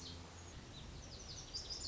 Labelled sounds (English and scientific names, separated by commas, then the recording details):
Lazuli Bunting (Passerina amoena)
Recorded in Sonoma County, California